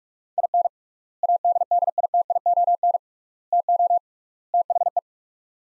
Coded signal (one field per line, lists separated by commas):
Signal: Morse code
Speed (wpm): 47 wpm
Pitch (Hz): 700 Hz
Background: none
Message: IN ADDITION TO THE